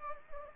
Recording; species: mosquito wingbeat signal from an infrared sensor; Anopheles gambiae